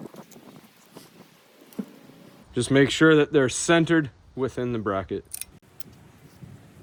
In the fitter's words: So, we're going to clip these back on. You want to hear a click, then you know you're good.